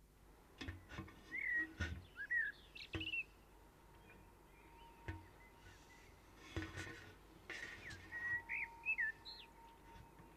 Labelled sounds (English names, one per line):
Common Blackbird song